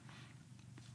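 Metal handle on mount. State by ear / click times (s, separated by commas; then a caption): not seated / none. A SmallRig side handle is slid onto the mount of a half cage on a Sony FX3 camera, with two brief handling sounds at about 0.1 s and 0.8 s over a low steady hum. Nothing has seated or clicked yet; the handle is not yet locked into place.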